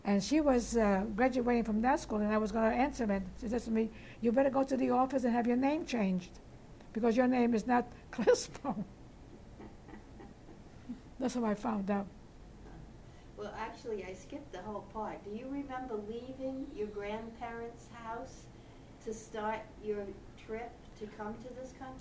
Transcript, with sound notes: she was, uh, graduating from that school, and I was going to enter, then, and she says to me, "You'd better go to the office and have your name changed, because your name is not Clisbone." ( they laugh ) That's how I found out.
Well, actually, I skipped a whole part. Do you remember leaving your grandparents' house to start your trip to come to this country?